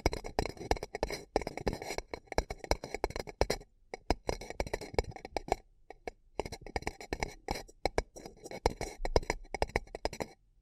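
Paper cup tingles: dense, rapid crinkling and tapping clicks, bright and crisp, with brief quiet pauses near four and six seconds.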